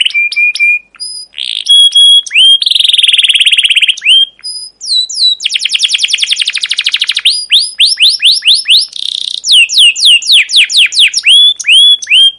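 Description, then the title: Canary song full of variety: whistled notes, dense buzzy rolls, and quick runs of upswept chirps, almost without pause. Captive canary with a long, continuous 'cuit cuit' chirping song, used as a lure and master song to teach young canaries to sing. "PANCINGAN Kenari GACOR PANJANG Cuit CUIT EMOSI ini AMPUH utk MASTERAN Kenari PAUD belajar BUNYI"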